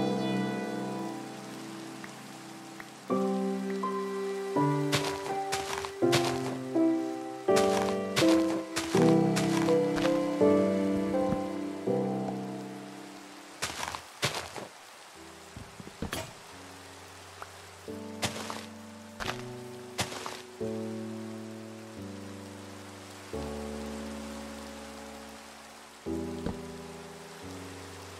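Steady rain hisses throughout, under soft sustained low tones that shift to new pitches every second or two. Sharp knocks from mining and placing blocks come in quick bursts around 5–10 seconds, again near 14–16 and 18–20 seconds, and the sound grows quieter after the midpoint.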